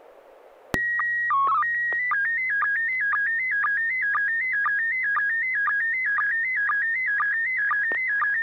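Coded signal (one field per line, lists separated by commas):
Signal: SSTV (slow-scan television)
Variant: PD 120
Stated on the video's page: Weekly SSTV net on an FM repeater on 441.300 MHz in Sacramento, CA.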